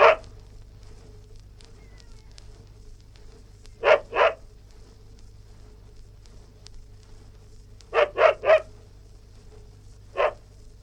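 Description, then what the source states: West Highland white terrier giving high, clipped yaps, singly and in quick runs of two or three, separated by pauses, with a faint constant hum underneath. Barking, recorded indoors.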